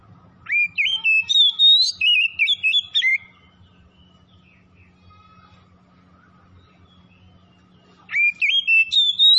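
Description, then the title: Oriental magpie-robin delivering two strong whistled phrases, rising starts and jumpy varied notes, with roughly five seconds of near silence and low hum between them. Labelled 'Tretes'; in full, vigorous song (gacor). "Kacer Tretes Gacor"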